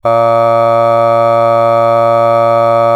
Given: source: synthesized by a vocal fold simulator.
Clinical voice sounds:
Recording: sustained vowel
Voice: male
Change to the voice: aspiration noise (breathiness), level 4 of 10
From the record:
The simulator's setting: 0.52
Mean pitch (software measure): 115 Hz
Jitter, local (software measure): 0.25%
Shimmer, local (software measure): 1.7%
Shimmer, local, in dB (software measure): 0.14 dB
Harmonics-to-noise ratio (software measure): 27.2 dB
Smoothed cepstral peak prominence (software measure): 20.8 dB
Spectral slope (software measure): -17.2 dB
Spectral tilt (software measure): -9.2 dB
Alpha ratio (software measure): -7.6 dB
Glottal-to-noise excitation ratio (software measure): 0.990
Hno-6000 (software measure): 2.4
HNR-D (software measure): 24.0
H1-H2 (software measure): 4.9 dB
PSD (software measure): 2.3e-05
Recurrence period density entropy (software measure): 0.107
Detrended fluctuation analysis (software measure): 0.0542

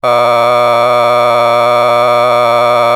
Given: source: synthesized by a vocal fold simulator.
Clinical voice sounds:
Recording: sustained vowel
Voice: male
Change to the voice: a random mix of aspiration noise, stiffness perturbation and strain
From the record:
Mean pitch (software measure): 120 Hz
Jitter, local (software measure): 1.45%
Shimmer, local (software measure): 3.5%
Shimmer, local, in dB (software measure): 0.31 dB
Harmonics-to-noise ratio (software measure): 13.5 dB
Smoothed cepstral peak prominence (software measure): 18.3 dB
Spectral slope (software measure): -13.1 dB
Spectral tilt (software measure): -10.0 dB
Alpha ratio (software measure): -3.5 dB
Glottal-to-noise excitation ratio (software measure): 0.988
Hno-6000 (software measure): 1.9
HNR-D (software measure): 25.5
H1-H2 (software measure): 1.4 dB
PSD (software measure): 1.6e-04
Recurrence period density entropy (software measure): 0.120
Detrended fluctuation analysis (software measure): 0.0293

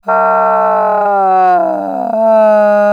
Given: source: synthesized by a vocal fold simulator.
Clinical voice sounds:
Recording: sustained vowel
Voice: female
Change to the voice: asymmetry, level 46 of 51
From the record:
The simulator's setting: 5.50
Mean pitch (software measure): 152 Hz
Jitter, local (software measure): 0.84%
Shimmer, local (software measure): 5.3%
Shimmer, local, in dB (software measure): 0.43 dB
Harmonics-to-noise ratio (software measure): 18.5 dB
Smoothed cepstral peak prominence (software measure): 14.0 dB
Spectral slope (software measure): -19.8 dB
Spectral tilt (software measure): -12.9 dB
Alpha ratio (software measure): -10.3 dB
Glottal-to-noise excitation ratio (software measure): 0.848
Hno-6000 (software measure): 2.5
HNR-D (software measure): 27.4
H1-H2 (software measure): 1.0 dB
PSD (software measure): 2.3e-03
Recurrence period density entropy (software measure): 0.125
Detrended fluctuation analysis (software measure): 0.0222

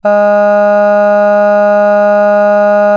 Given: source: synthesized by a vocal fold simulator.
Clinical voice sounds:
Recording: sustained vowel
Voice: female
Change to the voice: none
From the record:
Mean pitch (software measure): 206 Hz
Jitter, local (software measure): 0.18%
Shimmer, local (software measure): 1.4%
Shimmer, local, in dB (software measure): 0.12 dB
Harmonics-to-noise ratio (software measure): 31.8 dB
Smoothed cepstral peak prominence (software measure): 18.9 dB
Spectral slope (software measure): -21.9 dB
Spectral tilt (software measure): -8.6 dB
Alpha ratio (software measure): -12.4 dB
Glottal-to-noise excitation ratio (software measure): 0.975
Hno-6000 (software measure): 2.5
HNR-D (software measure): 39.7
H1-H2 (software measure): 9.5 dB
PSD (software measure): 1.5e-05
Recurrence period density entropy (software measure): 0.135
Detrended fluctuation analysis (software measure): 0.0275

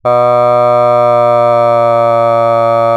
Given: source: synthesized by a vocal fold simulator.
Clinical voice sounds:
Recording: sustained vowel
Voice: male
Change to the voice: asymmetry, level 3 of 51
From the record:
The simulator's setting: 1.20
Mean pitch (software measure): 119 Hz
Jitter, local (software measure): 0.21%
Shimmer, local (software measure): 0.9%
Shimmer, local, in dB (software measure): 0.08 dB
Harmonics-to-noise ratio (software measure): 33.6 dB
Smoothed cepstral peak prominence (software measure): 24.7 dB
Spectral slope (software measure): -17.4 dB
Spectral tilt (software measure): -11.2 dB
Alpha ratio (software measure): -7.8 dB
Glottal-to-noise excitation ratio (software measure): 0.993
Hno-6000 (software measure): 2.6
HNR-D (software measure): 27.9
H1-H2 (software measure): 4.5 dB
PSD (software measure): 1.8e-04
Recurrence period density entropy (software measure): 0.110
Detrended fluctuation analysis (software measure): 0.0499

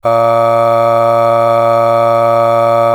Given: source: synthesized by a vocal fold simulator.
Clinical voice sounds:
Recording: sustained vowel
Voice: male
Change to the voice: aspiration noise (breathiness), level 7 of 10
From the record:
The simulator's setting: 1.56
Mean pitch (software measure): 115 Hz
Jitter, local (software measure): 0.46%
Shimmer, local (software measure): 5.2%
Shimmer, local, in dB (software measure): 0.46 dB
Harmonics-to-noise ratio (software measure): 19.2 dB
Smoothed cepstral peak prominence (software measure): 16.8 dB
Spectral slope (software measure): -17.0 dB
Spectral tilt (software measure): -8.9 dB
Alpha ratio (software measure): -7.5 dB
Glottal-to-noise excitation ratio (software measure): 0.963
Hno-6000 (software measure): 2.1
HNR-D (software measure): 23.4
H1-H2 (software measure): 4.9 dB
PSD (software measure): 3.7e-05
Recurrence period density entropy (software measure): 0.109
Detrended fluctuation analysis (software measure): 0.0544

